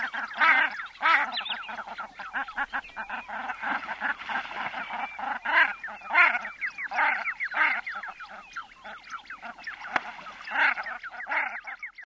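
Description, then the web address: Common shelduck calls, a dense chorus of nasal honking and quacking notes repeated rapidly and overlapping, several birds calling at once throughout. "ptaki tadorna-tadorna"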